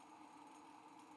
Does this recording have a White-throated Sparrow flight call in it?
no